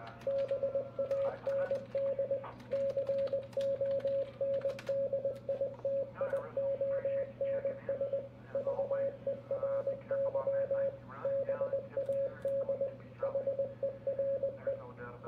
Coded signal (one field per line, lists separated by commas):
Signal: Morse code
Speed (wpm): 20 wpm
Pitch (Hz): 530 Hz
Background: radio noise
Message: BAND CONDITIONS VERY BAD HERE